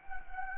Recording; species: mosquito wingbeat signal from an infrared sensor; Anopheles gambiae